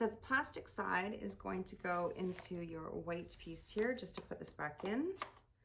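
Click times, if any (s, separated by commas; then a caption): none. Someone talks while handling a part of a Dreame D20 Air Plus robot vacuum dock, lining up its plastic side to go back into the white housing. Nothing has seated or clicked into place yet.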